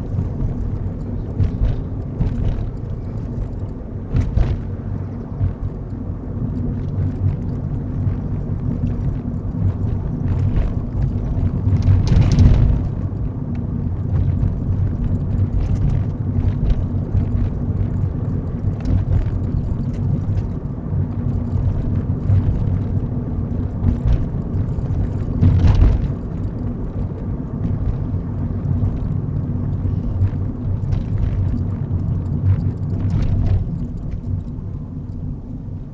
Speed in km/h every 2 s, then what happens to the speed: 42, 42, 40, 40, 39, 37, 37, 37, 39, 37, 40, 42, 42, 40, 37, 34, 27, 23.
0-25 steady at about 40. 25-36 slows to 23.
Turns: none.